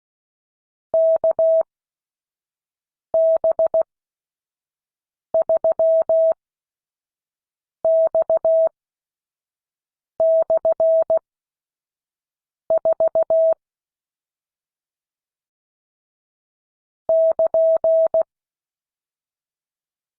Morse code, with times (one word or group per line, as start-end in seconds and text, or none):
0.9-13.5 KB3X/4
17.1-18.2 <KN>